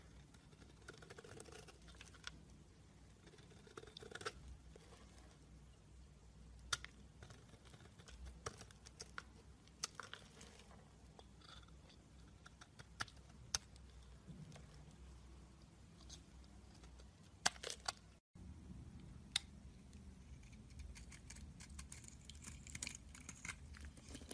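Soap being carved: irregular sharp ticks and soft scrapes scattered over a steady low hum, with a brief silent gap near eighteen seconds.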